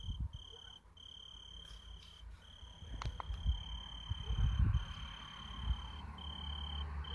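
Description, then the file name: Italian tree cricket's continuous clear trill in long phrases with brief gaps, over low rumbling background noise and some rustling clicks. "Oecanthus pellucens Radzikowski Pawel"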